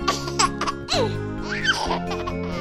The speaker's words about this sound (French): Un bébé qui rit.